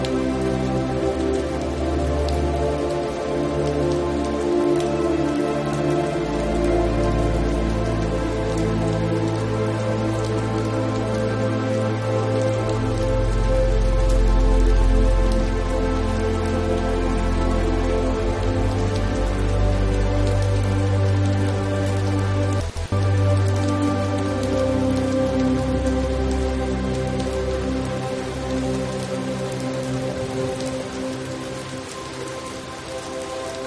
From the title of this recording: Thunderstorms